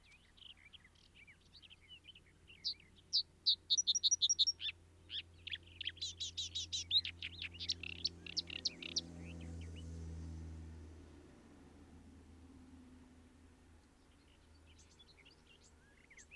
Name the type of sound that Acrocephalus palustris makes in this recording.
song